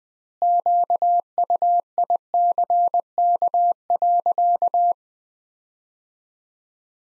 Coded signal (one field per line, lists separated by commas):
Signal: Morse code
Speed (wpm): 20 wpm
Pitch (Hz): 700 Hz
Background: none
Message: QUICK.